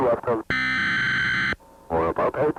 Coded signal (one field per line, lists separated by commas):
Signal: Emergency Alert System (SAME) tones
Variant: header bursts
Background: speech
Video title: [EAS YTP] Severe Flash Tornado Thunderstorm Warning